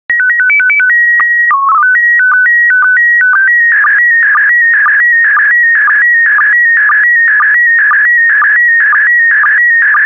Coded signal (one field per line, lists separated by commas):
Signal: SSTV (slow-scan television)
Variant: PD 120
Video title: 175091 Snakes, Lizards and Salamanders SSTV PD120